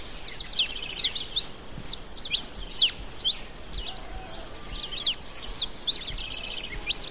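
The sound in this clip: Ringed warbling finch giving repeated thin, sharply falling high calls about twice a second, against a steady background hiss.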